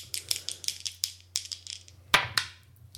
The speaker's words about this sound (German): Du musst jetzt auch würfeln.